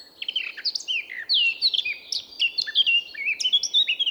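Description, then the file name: Eurasian blackcap song: a continuous rich warble of quick, slurred, fluty notes that swing up and down, running throughout without a break. "Sylvia atricapilla"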